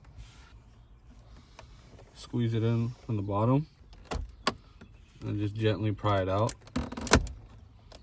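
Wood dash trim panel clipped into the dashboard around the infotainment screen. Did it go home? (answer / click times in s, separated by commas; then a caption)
released / 7.1 s. A wood dash trim panel clipped into the dashboard around the infotainment screen of a 2015–2020 Cadillac Escalade is squeezed from the bottom and gently pried out with a pry tool while someone talks. Small taps and scrapes of the tool lead up to a sharp pop at 7.1 s as the trim's retaining clip lets go and the panel is released.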